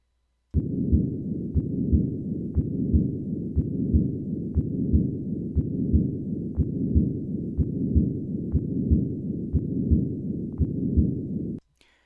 Machinery-like murmur of a patent ductus arteriosus.